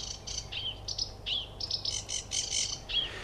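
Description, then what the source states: Sedge Warbler song of quick scratchy, chattering notes with short whistled slurs. Song lasts about twenty seconds, made of babbling and grating motifs, often mimicking other species; sometimes one simple motif is repeated several times; heard from May, mostly at dusk and night.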